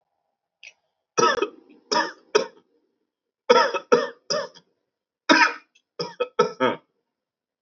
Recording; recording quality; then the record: heavy voluntary cough; excellent, no background noise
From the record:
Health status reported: healthy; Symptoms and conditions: none ticked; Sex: male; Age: 26 years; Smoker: not ticked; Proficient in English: yes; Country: India